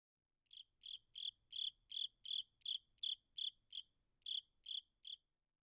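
Cricket chirping: thirteen short, high pulsed chirps at an even pace of roughly three per second, with one brief pause before the last three.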